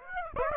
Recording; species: mosquito wingbeat signal from an infrared sensor; Aedes aegypti